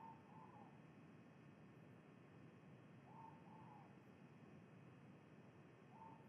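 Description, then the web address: Ivory-breasted pitta repeating its mellow two-note whistled call about three seconds apart, against steady low background noise. Recorded in Indonesia. "ULM-DS-Lab indonesian-bird-sounds. Pitta maxima"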